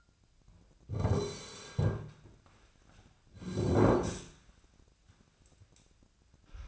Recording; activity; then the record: daily activity, microphone in the room; sit down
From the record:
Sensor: 2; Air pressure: 1009.1 hPa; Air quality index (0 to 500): 172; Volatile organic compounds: 2 ppm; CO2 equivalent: 1258 ppm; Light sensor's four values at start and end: 38/100/42/45 and 37/98/41/44